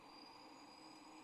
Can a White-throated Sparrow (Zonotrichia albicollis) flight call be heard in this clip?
no